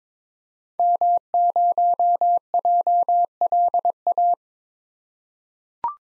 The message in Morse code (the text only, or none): M0JLA